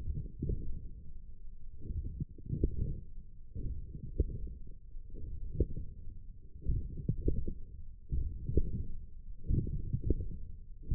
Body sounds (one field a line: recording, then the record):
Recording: forearm muscle sounds (acoustic myography)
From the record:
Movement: forearm pronation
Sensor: system 1, eight BSWA MPA416 microphones around the upper forearm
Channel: 3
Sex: male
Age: 21 years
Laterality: right